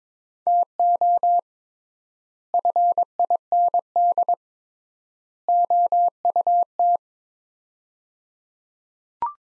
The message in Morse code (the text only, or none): TO FIND OUT